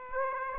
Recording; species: mosquito wingbeat signal from an infrared sensor; Aedes aegypti